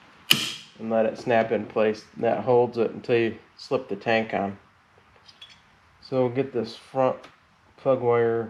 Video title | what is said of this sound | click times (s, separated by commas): 2004 Harley Davidson Roadking Twin Cam rocker box removal and install, Leaking gaskets new breathers | down there so then I just pull on the bracket and let it snap in place that | 0.3 s